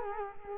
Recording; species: mosquito wingbeat signal from an infrared sensor; Culex quinquefasciatus